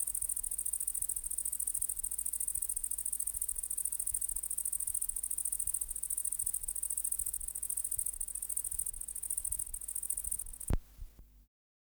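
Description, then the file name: Great green bush-cricket song, a very high, rapidly pulsed buzzing trill running unbroken, then a sharp click near the end and silence. "Tettigonia viridissima"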